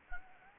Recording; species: mosquito wingbeat signal from an infrared sensor; Anopheles gambiae